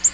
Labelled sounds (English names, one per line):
Black-throated Green Warbler flight call